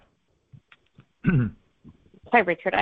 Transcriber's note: clears throat